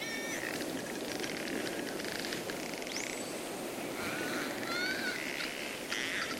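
Dolphins giving short upswept whistles and one long rising glide, interspersed with crackling click trains against steady underwater hiss.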